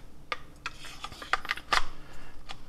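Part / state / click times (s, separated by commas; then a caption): handguard barrel connector onto toy blaster barrel / seated / 1.3 s. A plastic barrel/handguard connector piece is slid over the barrel of an EMERBU redesigned MK8 gel ball toy blaster and pushed on, producing a series of short rubbing and scraping clicks. It clicks into place at 1.3 seconds, seating the connector on the barrel.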